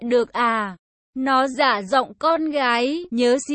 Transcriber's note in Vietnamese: Nó giả giọng con gái